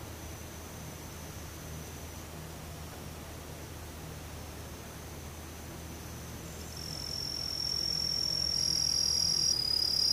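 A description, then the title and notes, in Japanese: Daytime insects buzz in a steady high drone over a low hum, growing louder after about seven seconds as a shrill whine joins in. ムシ昼。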